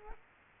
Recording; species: mosquito wingbeat signal from an infrared sensor; Culex quinquefasciatus